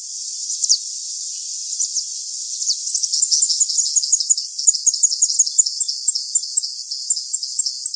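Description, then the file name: Bird calls, thin and very high: short downward-slurred notes, at first spaced out, then repeated in a quick, uneven series of about three per second. "SABIOD 50 bird 2015"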